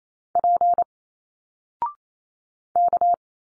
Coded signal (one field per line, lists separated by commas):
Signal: Morse code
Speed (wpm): 28 wpm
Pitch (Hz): 700 Hz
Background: none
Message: P K